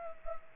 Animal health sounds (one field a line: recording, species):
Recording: mosquito wingbeat signal from an infrared sensor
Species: Culex pipiens